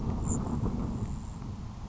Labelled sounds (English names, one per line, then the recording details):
Grasshopper Sparrow
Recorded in Sonoma County, California